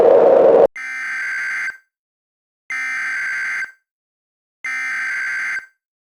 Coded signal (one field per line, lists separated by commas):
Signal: Emergency Alert System (SAME) tones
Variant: header bursts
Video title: EF7 EAS Scenario (yes this is intentionally unrealistic)